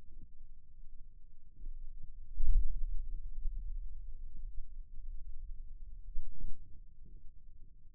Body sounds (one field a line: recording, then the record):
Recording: forearm muscle sounds (acoustic myography)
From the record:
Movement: radial deviation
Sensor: system 2, bracelet of six BSWA MPA416 microphones around the upper forearm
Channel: 1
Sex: male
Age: 22 years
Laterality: right